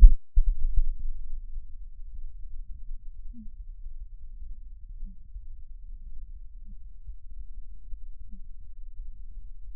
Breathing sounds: lung sounds by stethoscope; right posterior upper chest; expiratory wheeze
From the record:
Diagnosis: asthma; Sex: female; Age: 49 years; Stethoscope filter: bell mode, 20 to 200 Hz

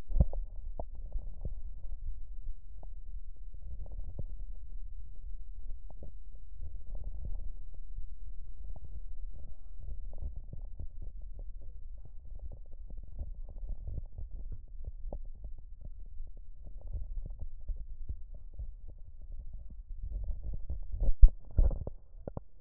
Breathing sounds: lung sounds by stethoscope; right posterior upper chest; crackles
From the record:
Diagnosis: heart failure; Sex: female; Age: 70 years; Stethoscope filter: extended mode, 50 to 500 Hz

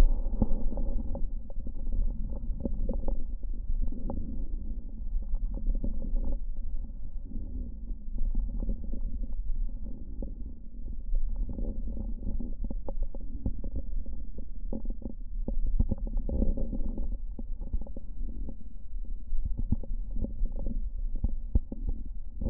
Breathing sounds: lung sounds by stethoscope; right posterior lower chest; bronchial breath sounds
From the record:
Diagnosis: pneumonia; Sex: male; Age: 64 years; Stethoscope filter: diaphragm mode, 100 to 500 Hz

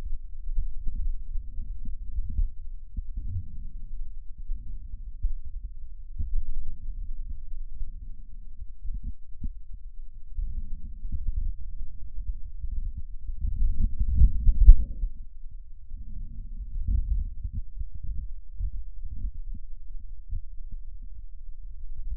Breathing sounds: lung sounds by stethoscope; left posterior upper chest; normal breath sounds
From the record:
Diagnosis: none (healthy); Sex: male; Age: 33 years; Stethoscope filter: bell mode, 20 to 200 Hz

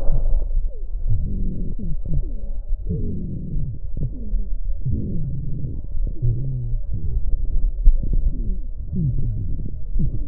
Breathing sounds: lung sounds by stethoscope; right anterior lower chest; crackles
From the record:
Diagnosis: pneumonia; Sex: female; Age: 70 years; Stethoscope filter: extended mode, 50 to 500 Hz

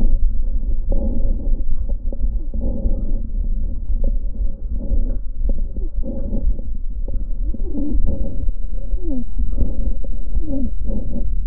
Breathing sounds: lung sounds by stethoscope; right posterior upper chest; expiratory wheeze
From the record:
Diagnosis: asthma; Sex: female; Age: 43 years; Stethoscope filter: diaphragm mode, 100 to 500 Hz

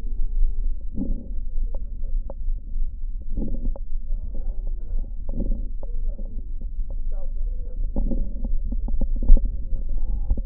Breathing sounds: lung sounds by stethoscope; left posterior lower chest; expiratory wheeze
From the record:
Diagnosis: COPD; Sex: male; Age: 76 years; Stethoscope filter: diaphragm mode, 100 to 500 Hz

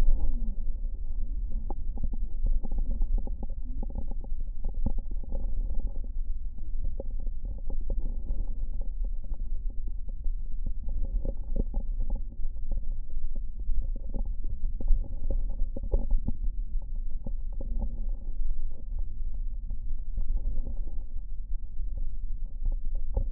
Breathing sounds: lung sounds by stethoscope; right posterior lower chest; expiratory wheeze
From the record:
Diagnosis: asthma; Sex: female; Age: 60 years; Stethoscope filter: diaphragm mode, 100 to 500 Hz

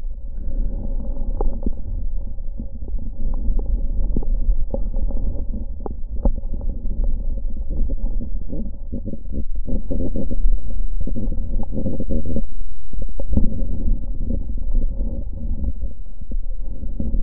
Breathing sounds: lung sounds by stethoscope; right anterior lower chest; normal breath sounds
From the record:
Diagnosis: none (healthy); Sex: male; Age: 30 years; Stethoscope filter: diaphragm mode, 100 to 500 Hz

